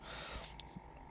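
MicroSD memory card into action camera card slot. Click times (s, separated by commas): 0.6 s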